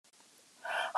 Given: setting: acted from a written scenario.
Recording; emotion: vocal sound without words; elation